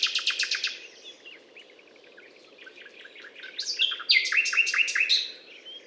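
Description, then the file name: Common nightingale opening with a quick run of repeated notes, then softer twittering, building to loud, strongly repeated descending notes. Recorded at the Butte calcaire de Gratacap, France, on 19 May 2012. "rossignol philomele Butte calcaire de Gratacap"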